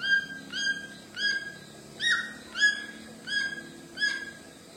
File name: canto do tucano grande de papo branco